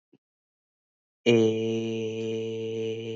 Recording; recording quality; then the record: sustained vowel as in made; excellent, no background noise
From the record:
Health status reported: recovered from COVID-19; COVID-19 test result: positive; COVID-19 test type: RT-PCR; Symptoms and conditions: cold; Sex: male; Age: 20 years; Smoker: no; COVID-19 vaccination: one dose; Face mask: worn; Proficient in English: yes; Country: India